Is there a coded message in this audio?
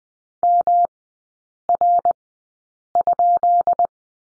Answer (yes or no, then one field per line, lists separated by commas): yes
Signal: Morse code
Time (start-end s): 0.4-3.9 s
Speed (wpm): 20 wpm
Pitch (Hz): 700 Hz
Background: none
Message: MR?